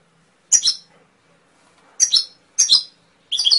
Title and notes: PANCINGAN SUARA MASTERAN KENARI. masteran kicau kenari